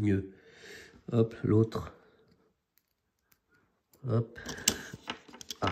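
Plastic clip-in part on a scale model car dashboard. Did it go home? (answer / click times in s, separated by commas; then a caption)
yes / 4.7 s, 5.5 s. The second of a pair of plastic clip-in parts is pushed home on the dashboard of a scale model of the KITT car from K2000 while someone talks. A double snap is heard at 4.7 s and 5.5 s, and the part is seated.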